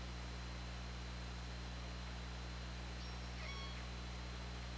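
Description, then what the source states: Killer whale call, a faint short harmonic tone over constant hiss and low steady hum. OrcaLab underwater hydrophone, 24 August 2017, about 20:07.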